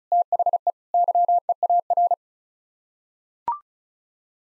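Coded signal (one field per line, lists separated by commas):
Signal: Morse code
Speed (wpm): 36 wpm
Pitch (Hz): 700 Hz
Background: none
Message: THE YEAR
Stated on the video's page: Head-copy practice: six-word common English phrases sent in Morse at 35 wpm, each sent, then spoken, then sent again.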